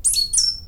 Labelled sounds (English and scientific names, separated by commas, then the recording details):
Stitchbird (Notiomystis cincta) song
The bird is a male
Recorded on Tiritiri Matangi Island, New Zealand, in 2005
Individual 22, of nest box 31